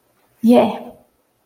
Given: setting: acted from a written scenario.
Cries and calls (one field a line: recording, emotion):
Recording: vocal sound without words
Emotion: elation